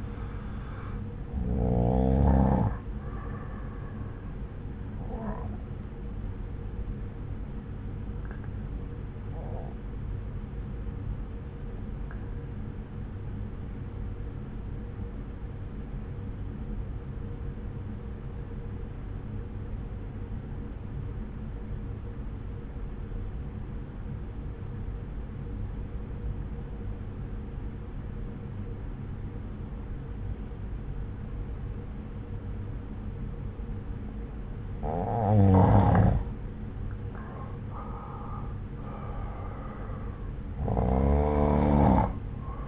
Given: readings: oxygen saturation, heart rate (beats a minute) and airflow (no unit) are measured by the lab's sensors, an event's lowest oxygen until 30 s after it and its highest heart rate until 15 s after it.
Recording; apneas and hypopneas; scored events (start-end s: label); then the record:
breathing in sleep by a smartphone at the bedside; 1
8.00-36.00 s: obstructive apnea (N1, oxygen 95% highest, then 86% lowest, heart rate 61 at the start, 68 highest)
From the record:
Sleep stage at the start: N1 (lightest sleep); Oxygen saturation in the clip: 86 to 95%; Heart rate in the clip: 58 to 69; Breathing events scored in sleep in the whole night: 303 in 8.1 hours asleep